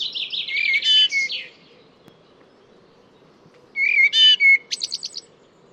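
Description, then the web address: Bird song in two bursts of fast twittering notes mixed with brief whistles and buzzy trills, separated by a quiet gap, over a low steady hum. "cianscape birddata Deverinetal 2025 Bird Only Tu Me Tu Me"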